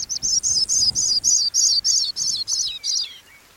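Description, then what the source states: Pipit song: about ten high, buzzy, trilled notes in quick, even succession, the last one sliding down as the song trails off. Pipit singing high in flight; it sings in clear and cloudy skies alike.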